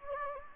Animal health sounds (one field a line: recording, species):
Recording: mosquito wingbeat signal from an infrared sensor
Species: Anopheles gambiae